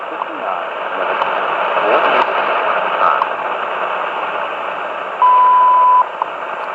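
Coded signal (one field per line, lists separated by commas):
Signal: radio time signal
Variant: WWV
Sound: hissy shortwave static with faint talk, then one clear 0.8-second high beep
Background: radio static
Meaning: The 0.8-second 1000 Hz tone marks the start of a new minute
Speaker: but I can hear the guy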